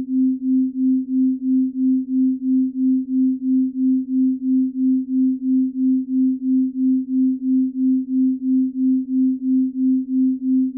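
A 3 Hz delta binaural beat: a single low, pure hum that swells and fades in a smooth, even throb about three times a second. The pulsing never changes pace or pitch, and nothing else is heard behind it.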